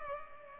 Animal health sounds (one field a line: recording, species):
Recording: mosquito wingbeat signal from an infrared sensor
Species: Culex pipiens